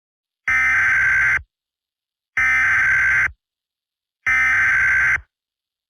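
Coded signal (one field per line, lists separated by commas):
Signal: Emergency Alert System (SAME) tones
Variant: header bursts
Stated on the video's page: Fictional EAS scenario made as a parody edit, not a real alert.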